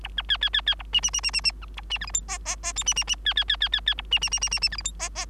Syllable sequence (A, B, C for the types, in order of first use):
A B C C C C A D D D D D D B A D E F G H H H I D D D C C C C C C A D D D D D D E F G H H